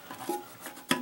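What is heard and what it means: A plastic cap on a toilet tank fill valve is pushed a little further until it snaps free of the plastic valve body. A sharp, bright plastic snap is heard at 0.9 s, preceded by soft handling sounds, and the cap comes off.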